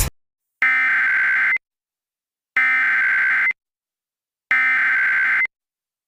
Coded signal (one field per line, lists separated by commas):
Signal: Emergency Alert System (SAME) tones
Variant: header bursts